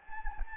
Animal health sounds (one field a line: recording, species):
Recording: mosquito wingbeat signal from an infrared sensor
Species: Anopheles gambiae